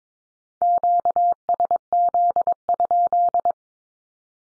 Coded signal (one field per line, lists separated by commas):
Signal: Morse code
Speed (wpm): 22 wpm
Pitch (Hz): 700 Hz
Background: none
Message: QSZ?